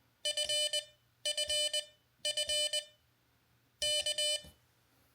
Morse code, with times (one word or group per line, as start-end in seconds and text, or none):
0.3-0.8 F
1.3-1.8 F
2.3-2.8 F
3.8-4.4 K